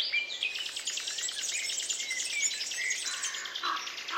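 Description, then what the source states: Birds in chorus, many overlapping high chirps, trills and whistles, with a few lower whistled notes near the end. Many birds singing together in a forest.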